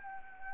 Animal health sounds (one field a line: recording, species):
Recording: mosquito wingbeat signal from an infrared sensor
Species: Anopheles arabiensis